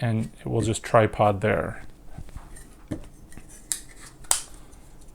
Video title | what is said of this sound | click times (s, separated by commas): Gemmy Living Projection: Grim Reaper - Inflatable/Projector Unboxing & Review | and I love it when you push it together it snaps into place | 4.3 s